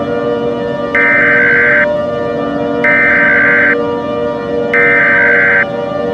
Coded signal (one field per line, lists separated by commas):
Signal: Emergency Alert System (SAME) tones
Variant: header bursts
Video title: EAS Scenario #8: The Easter Killings